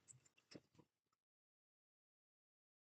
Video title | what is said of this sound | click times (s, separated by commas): I'M SO PISSED!! What Am I Doing About It? Cutting...... | Snaps into place. | 0.5 s